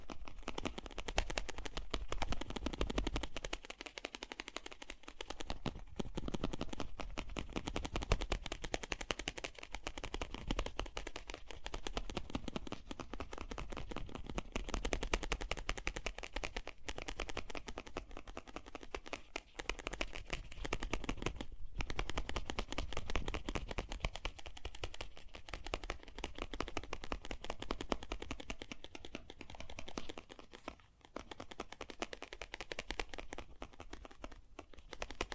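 Fast, gentle tapping runs through the whole clip in a dense, rapid patter of small clicks, with no pauses longer than a moment. The pace holds fairly even, swelling slightly at times, and a soft low rumble sits underneath throughout.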